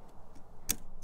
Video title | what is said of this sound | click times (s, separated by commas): NO MORE SMOKING! How To Fix the Jeep Wrangler JL Smoking Issue! | amazing like this they snap in place that's it that's it it's super easy | 0.7 s